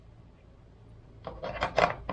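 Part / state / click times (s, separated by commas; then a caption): lens mount adapter onto mirrorless camera body mount / not seated / none. A Meike Canon EF-RF drop-in filter lens mount adapter is lined up and placed against a mirrorless camera body's RF mount, with its red dot matched to the dash, before it is twisted. After about 1.2 seconds of near silence, rubbing and scraping handling noise builds, with brief knocks around 1.6, 1.8 and 2.1 seconds. Nothing has clicked or locked yet.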